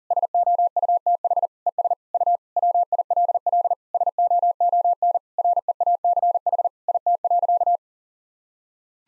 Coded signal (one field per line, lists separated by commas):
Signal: Morse code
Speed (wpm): 37 wpm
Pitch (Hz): 700 Hz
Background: none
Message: SOUTH ES U WILL SOON REACH IT.